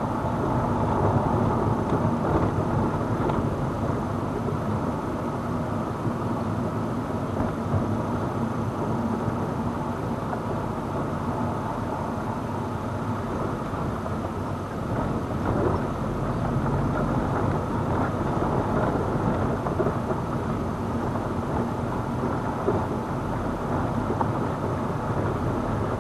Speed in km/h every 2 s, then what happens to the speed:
25, 25, 25, 24, 22, 20, 18, 21, 22, 20, 20, 21, 19.
0-26 steady at about 21.